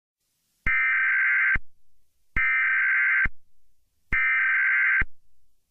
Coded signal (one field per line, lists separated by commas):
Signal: Emergency Alert System (SAME) tones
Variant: header bursts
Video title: Black Hole - An EAS Scenario